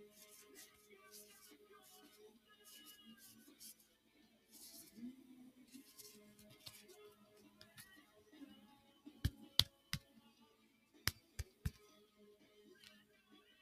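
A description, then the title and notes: Cards are handled while quiet music plays steadily in the background. The first half is mostly soft rustling under the music; after about nine seconds come sharp, loud snaps and clicks in quick pairs and trios. Going through cards.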